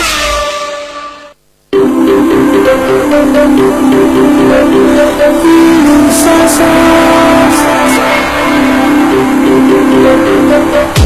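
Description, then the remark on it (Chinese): A loud racing engine roars steadily after a brief pause near the start, its buzzing tone holding mostly level with small shifts in pitch as it revs on, with no voices, in a radio advert for Sonic go-karting. “我们心中都有个舒马赫，但不是每个人都开过 F1。”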